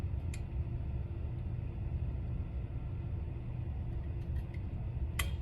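A misaligned trumpet piston valve is twisted to the right inside its metal casing against a steady low rumble, with faint ticks near 0.3 s and 4.6 s. At 5.2 s the valve guide drops into its slot in the casing with a sharp click, and the valve stops turning, now seated.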